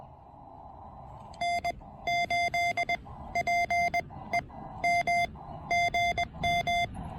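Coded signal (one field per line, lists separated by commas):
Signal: Morse code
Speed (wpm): 20 wpm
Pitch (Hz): 2100 Hz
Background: none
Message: N8PEM GM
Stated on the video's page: QRP Parks on the Air activation using a TEN-TEC R4020.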